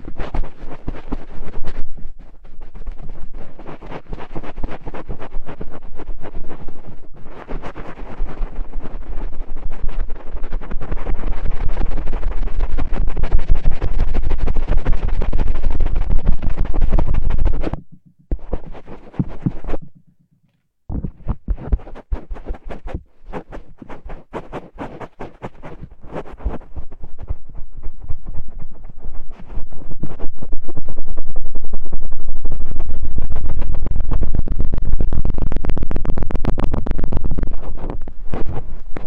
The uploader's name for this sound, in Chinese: 棉签清洗耳朵